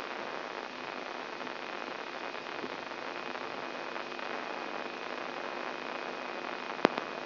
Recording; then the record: brain microelectrode recording played as sound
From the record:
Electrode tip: inside the subthalamic nucleus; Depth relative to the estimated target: 2.5 mm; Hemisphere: left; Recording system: AlphaMap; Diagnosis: Parkinson's disease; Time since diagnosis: 11 years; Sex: male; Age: 67 years